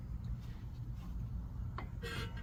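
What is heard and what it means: A greased front brake pad for a 2019 Lexus RX 350 is squeezed into the spring-loaded abutment clips of the caliper bracket, with its wear indicator pushed under, over a steady low hum. A sharp snap at 1.8 s marks the pad seating in the clips, followed by a brief burst of broadband rustling noise around 2.1 s.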